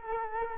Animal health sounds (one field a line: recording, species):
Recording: mosquito wingbeat signal from an infrared sensor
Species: Culex quinquefasciatus